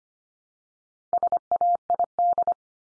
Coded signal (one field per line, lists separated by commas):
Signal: Morse code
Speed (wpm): 25 wpm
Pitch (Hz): 700 Hz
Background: none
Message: SAID